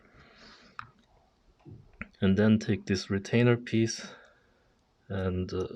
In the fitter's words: push it in until you feel it click into place.